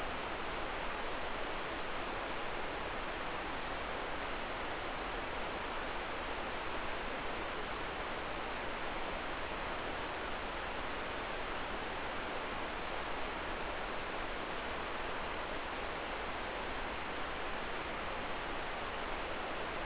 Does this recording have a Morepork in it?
no